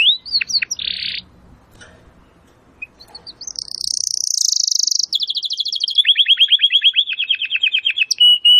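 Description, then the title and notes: Domestic canary song opening with a few sweeping notes, a brief lull, then long fast trills descending in steps, repeated many times per second. Belgian canary singing; labelled "Campainha". "Canário Belga Campainha Canary Singing. Canario Belga Cantando"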